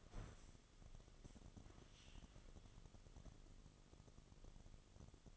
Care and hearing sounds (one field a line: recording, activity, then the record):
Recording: daily activity, microphone in the room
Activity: stand up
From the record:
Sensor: 4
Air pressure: 1005.9 hPa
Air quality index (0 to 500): 92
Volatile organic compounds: 2 ppm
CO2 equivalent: 1147 ppm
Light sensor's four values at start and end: 13/28/11/10 and 13/29/11/10